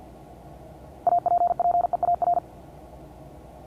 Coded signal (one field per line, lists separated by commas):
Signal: Morse code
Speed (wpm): 50 wpm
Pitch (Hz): 700 Hz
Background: none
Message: APPEAR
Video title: Morse code class 2024-07-21 (1 of 12)